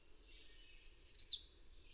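Bird song, a single very high, thin phrase that slides downward and turns briefly buzzy before fading, with faint low rumble beneath.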